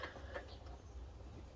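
A new plastic outlet fitting with its O-ring fitted is handled at the port of a Truma Ultrastore RV water heater, with soft handling noises and low background hum. Nothing has seated or clicked yet.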